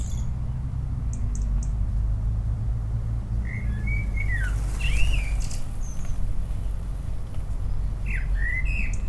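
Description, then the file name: Common blackbird calling with a few quick slurred chirps in the middle and again near the end, with faint high ticks, over a loud continuous low rumble. "Turdus merula - Common Blackbird"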